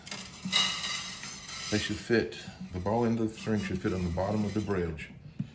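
An acoustic guitar string is being handled so its ball end will seat against the underside of the bridge plate, with soft handling noises while someone talks. Nothing has seated or popped into place yet.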